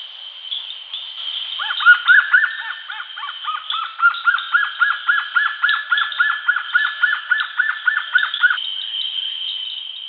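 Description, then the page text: Bushy-crested hornbill calls: a rapid series of yelping, arched notes repeated about three to four times a second, over a constant high insect drone. "Bushy-Crested Hornbill Calls. Quick Sounds"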